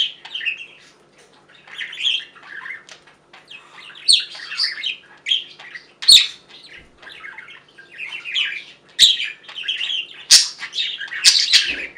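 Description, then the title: Budgerigar warbling chatter, short squawky phrases broken by brief pauses, with sharp clicking notes, busier toward the end. "Budgie Sounds"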